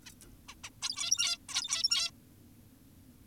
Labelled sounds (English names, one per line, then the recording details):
Zebra Finch
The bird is an adult
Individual g17y2U